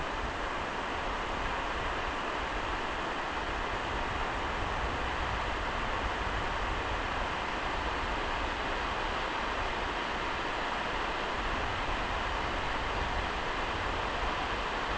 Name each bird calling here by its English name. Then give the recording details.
none. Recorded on Arctic tundra, site NAIT-1, on 29 June 2018. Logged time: 01:00